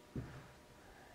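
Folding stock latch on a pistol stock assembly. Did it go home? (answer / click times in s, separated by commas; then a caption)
no / none. The folding stock on a pistol stock assembly is handled: its center pillar is pulled back and its plates are being extended toward where the metal latch at the rear will snap into place. A dull low thump at about 0.2 s gives way to faint handling noise. Nothing has seated or clicked yet.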